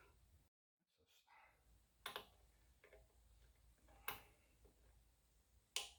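A ratcheting torque wrench tightens the air cleaner bolt on a Harley-Davidson, giving ratchet ticks with sharp snaps near 2.1 s and 4.1 s. A sharper click at 5.8 s marks the wrench reaching its torque setting.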